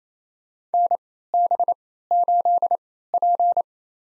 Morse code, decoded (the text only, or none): NB8P